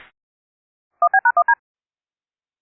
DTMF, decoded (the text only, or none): 1B#1D